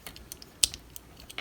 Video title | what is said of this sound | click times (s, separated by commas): Transformers Quintesson Pit of Judgement Review + STOP MOTION Shorts | and clicks over here | 0.6 s